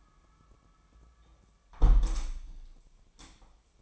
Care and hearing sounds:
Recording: daily activity, microphone in the room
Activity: close window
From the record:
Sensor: 1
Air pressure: 1000.4 hPa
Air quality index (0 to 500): 172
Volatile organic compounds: 4 ppm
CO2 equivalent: 1581 ppm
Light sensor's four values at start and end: 10/25/10/12 and 10/25/10/12

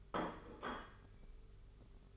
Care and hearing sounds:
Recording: daily activity, microphone in the room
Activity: place plate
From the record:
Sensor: 4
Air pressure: 991.7 hPa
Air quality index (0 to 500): 125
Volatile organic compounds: 34 ppm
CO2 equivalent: 3038 ppm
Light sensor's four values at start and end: 19/64/24/24 and 19/64/24/24

